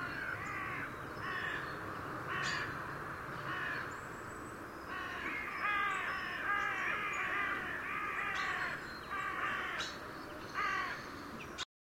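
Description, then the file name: Carrion crow cawing repeatedly, grating and nasal calls coming in uneven bursts. "Corvus corone"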